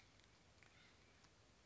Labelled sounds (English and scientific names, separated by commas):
Acorn Woodpecker (Melanerpes formicivorus)